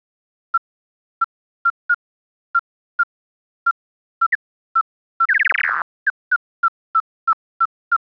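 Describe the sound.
Bat calls: short, clipped chirps repeated roughly every half second at a steady pitch, broken midway by a brief rapid chattering burst, with silence between calls.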